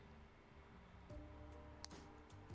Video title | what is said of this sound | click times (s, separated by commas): Continueation of Kyrios bnuild | snaps right in | 1.8 s